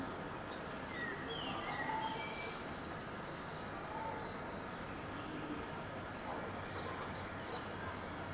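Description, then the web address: Swifts screaming in a series of high, arched, rasping notes, with occasional lower chirps, under a steady hiss. Swifts together with house martins. "File Effects 02-Birds, Insects Animals 02-Birds Swifts"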